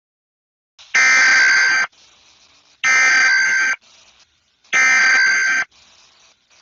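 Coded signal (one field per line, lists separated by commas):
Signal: Emergency Alert System (SAME) tones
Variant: header bursts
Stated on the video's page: Parody EAS scenario, not a real alert.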